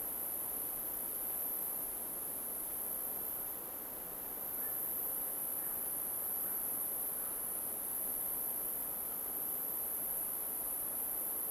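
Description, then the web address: Crickets trilling in a steady, unbroken very high-pitched drone, over a soft broad hiss of forest ambience. Crickets in an alpine forest ambience. "Soundrangers - Nature Ambience forest alpine crickets"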